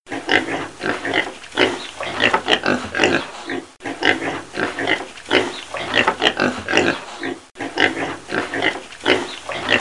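Pig giving a run of harsh grunts, the same sequence recurring roughly every four seconds.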